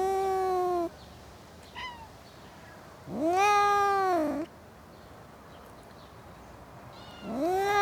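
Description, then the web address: Cat yowls, separate drawn-out wails with long quiet pauses between them; the middle one rises sharply, then sags. Several cats in a suburban garden. "Cats In A Suburban Garden. The BBC Sound Effects Library"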